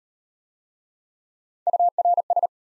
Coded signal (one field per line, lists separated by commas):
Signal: Morse code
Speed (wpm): 33 wpm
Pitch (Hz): 700 Hz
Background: none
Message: URS